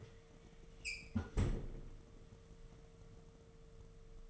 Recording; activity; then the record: daily activity, microphone in the room; close fridge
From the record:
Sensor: 4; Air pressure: 1015.7 hPa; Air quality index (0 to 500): 186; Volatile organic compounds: 9 ppm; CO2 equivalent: 2151 ppm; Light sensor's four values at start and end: 10/21/9/9 and 15/35/14/15